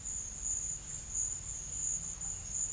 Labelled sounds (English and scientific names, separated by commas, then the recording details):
none
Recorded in pastures near Puerto Asís, Putumayo, Colombia, on 18 December 2024 at 12:00
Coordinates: 0.472, -76.331
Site GP02